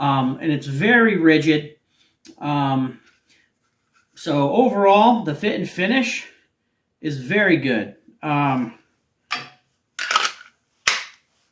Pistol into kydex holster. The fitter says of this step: you hear that click